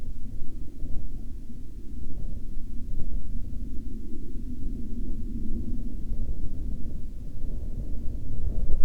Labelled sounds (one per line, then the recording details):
wind
aircraft
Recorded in the Arctic National Wildlife Refuge, Alaska, on 11 May 2021 at 01:53
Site 35